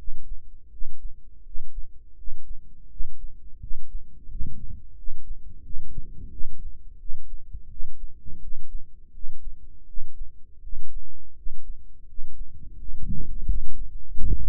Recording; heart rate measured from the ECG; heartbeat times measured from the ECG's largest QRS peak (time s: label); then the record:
heart sounds by microphone in the right ear; 85 bpm
0.69 s: heartbeat
1.42 s: heartbeat
2.15 s: heartbeat
2.88 s: heartbeat
3.59 s: heartbeat
4.27 s: heartbeat
4.95 s: heartbeat
5.62 s: heartbeat
6.29 s: heartbeat
6.97 s: heartbeat
7.68 s: heartbeat
8.39 s: heartbeat
9.11 s: heartbeat
9.85 s: heartbeat
10.60 s: heartbeat
11.34 s: heartbeat
12.05 s: heartbeat
12.76 s: heartbeat
13.45 s: heartbeat
14.11 s: heartbeat
From the record:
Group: healthy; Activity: cold pressor test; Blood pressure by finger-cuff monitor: 117/76 mmHg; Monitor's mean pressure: 85 mmHg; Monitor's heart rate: 83 bpm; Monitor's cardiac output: 6.7 L/min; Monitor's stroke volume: 79 mL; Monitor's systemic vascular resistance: 930 dyn s/cm5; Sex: male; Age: 35 years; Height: 180 cm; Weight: 86.9 kg